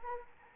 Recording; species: mosquito wingbeat signal from an infrared sensor; Anopheles arabiensis